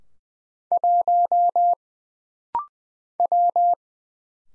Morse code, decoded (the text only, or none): 1 W